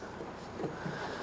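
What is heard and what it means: An HID bulb for a 2004–2008 Acura TL is lined up by its notches and pushed and twisted into the headlight housing. Only low, steady handling noise is heard, with faint soft bumps around 0.6 and 0.9 seconds. Nothing has seated or clicked yet.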